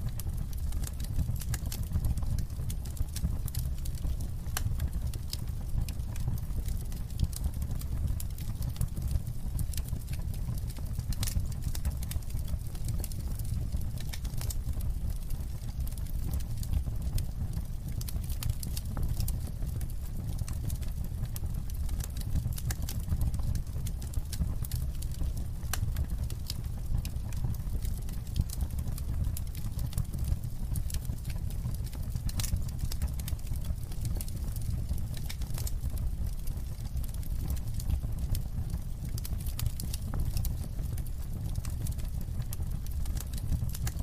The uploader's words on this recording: Cozy Fireplace Ambience. Crackling warmth and gentle flickering flames. Sounds of the crackling fire.